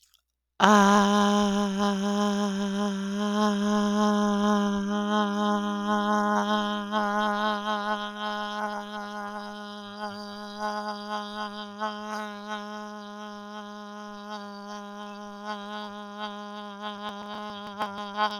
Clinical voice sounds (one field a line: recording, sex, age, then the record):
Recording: vowel held as long as possible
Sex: female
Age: 40 to 49 years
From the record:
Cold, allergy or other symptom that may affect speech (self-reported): no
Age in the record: 48 years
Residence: Minnesota, United States